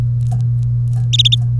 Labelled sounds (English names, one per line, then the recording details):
Domestic Canary song
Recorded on 30 April 2018 at 12:31
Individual llb3